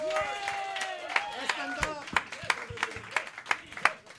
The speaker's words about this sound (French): Est-ce que vous êtes content, tout le monde? Yeah! On applaudit